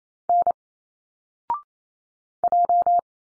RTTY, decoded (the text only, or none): none